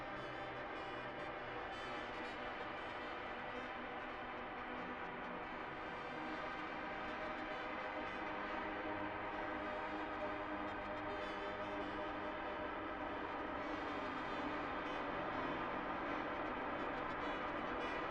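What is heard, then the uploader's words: A street musician plays "God Save the Tsar" on a trumpet, holding long, full notes that flow into one another at an even, unhurried pace. The playing stays steady and strong throughout, growing slightly louder toward the end, with a low rumble of traffic underneath. Winter in Saint Petersburg presents a sound art work with field recordings collected in Saint Petersburg. The half-hour composition begins with echoes of the anthem of the Russian Empire "God Save the Tsar" played on a trumpet by a street musician near the Palace Square.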